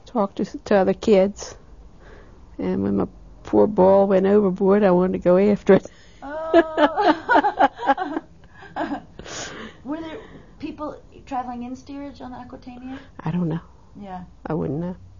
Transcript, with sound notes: talked to other kids and when, when my poor ball went overboard I wanted to go after it. ( they laugh )
Were there people traveling in steerage on the Aquatania?
I don't know. I wouldn't know.